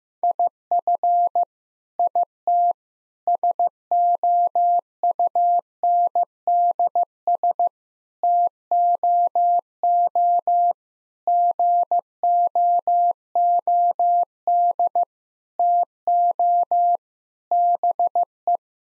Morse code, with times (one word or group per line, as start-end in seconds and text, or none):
0.2-1.4 IF
2.0-2.7 IT
3.3-7.7 SOUNDS
8.2-10.7 TOO
11.3-15.0 GOOD
15.6-17.0 TO
17.5-18.6 BE